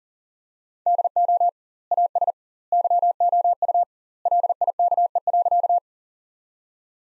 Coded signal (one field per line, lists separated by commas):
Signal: Morse code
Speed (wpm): 40 wpm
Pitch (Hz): 700 Hz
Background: none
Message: DO AS YOU LIKE.